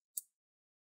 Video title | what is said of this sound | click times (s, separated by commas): How to Repaste and Clean an ASUS ROG GL503VD FY108T Laptop | squeeze the corner make Clicks in nice click sound | 0.2 s